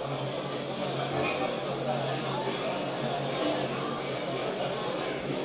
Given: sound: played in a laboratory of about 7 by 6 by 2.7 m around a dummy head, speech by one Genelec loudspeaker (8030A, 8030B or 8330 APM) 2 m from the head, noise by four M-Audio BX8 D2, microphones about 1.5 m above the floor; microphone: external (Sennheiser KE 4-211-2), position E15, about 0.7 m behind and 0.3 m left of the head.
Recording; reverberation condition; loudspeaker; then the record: cafeteria noise; medium; four, about 170 cm from the corners of the room and facing them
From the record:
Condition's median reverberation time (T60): about 510 ms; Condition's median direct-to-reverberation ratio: about -0.5 dB